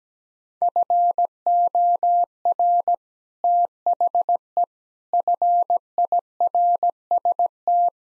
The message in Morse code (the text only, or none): FOR THE FIRST